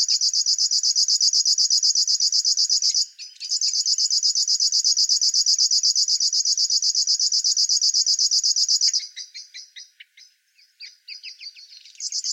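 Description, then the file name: River warbler song: fast rhythmic pulsing buzz with a short break, then a long run before it breaks into scattered stuttering ticks and restarts. "Schlagschwirl - Locustella fluviatilis"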